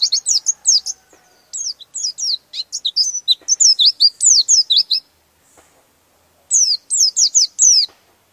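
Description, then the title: White-eye singing a fast, high warbling twitter of sweeping downslurred notes, running nearly five seconds before a pause and another brief burst. "Pleci"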